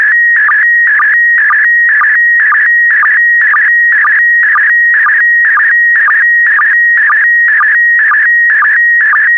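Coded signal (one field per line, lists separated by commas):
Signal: SSTV (slow-scan television)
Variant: PD120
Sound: warbling high tone with steady stretches and a regular chirping click about twice per second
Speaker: Starting transmission in 5, 4, 3, 2, 1. Transmission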